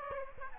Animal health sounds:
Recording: mosquito wingbeat signal from an infrared sensor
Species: Aedes aegypti

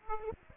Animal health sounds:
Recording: mosquito wingbeat signal from an infrared sensor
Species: Aedes aegypti

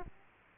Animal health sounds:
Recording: mosquito wingbeat signal from an infrared sensor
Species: Aedes aegypti

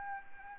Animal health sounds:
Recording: mosquito wingbeat signal from an infrared sensor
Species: Anopheles arabiensis

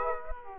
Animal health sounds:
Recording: mosquito wingbeat signal from an infrared sensor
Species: Aedes aegypti

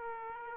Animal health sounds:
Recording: mosquito wingbeat signal from an infrared sensor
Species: Aedes aegypti

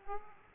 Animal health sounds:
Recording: mosquito wingbeat signal from an infrared sensor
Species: Aedes aegypti

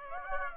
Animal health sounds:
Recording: mosquito wingbeat signal from an infrared sensor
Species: Aedes aegypti

